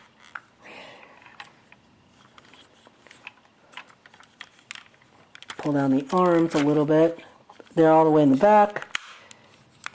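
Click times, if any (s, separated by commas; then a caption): 9.9 s. Someone talks while handling a Transformers Beast Wars Transmetal Depth Charge figure during its transformation, with light plastic clicks and rustling throughout. The figure's plastic arms are pushed back into position in their sockets on the toy body. A sharp plastic click at 9.9 s marks an arm snapping into place.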